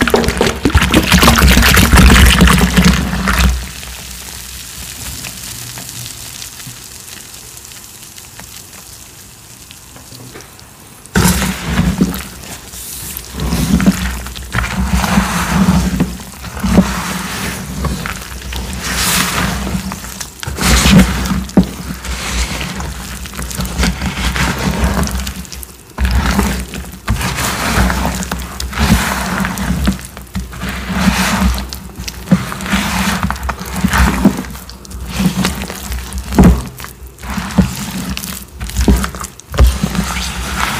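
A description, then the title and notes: Crumbly cornstarch chunks are crushed, giving dense, gritty crunching and crackling that sounds a bit like sizzling. A loud burst opens the first few seconds, then a quieter lull until about eleven seconds, after which steady crushing continues with sharp cracks every second or two. ASMR 4-in-1 Crushing Sounds of Dyed Cubes, Chalk Bombs, Cornstarch Crunchies, Confetti Reforms.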